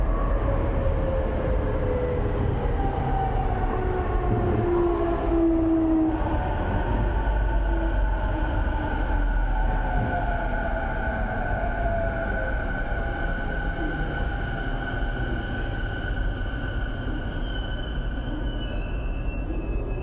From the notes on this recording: catches the train home in Tokyo